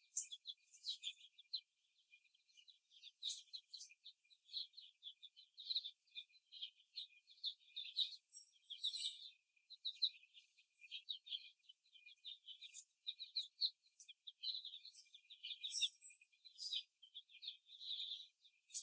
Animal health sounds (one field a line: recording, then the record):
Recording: young laying hens in a cage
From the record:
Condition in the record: before the stressor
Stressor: simulated dog barking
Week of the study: 1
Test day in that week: 2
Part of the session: 2